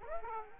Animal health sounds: mosquito wingbeat signal from an infrared sensor; Aedes aegypti

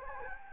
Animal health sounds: mosquito wingbeat signal from an infrared sensor; Anopheles gambiae

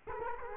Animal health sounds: mosquito wingbeat signal from an infrared sensor; Culex quinquefasciatus

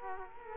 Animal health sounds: mosquito wingbeat signal from an infrared sensor; Culex quinquefasciatus

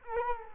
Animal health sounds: mosquito wingbeat signal from an infrared sensor; Culex quinquefasciatus

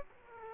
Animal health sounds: mosquito wingbeat signal from an infrared sensor; Aedes aegypti

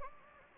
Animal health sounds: mosquito wingbeat signal from an infrared sensor; Anopheles gambiae

